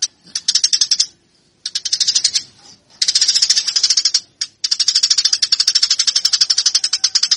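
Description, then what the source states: Eurasian tree sparrow fighting chatter: rapid, grating high chirps in short bursts at first, then a steady unbroken run of fast notes. Fighting calls, used for bird training.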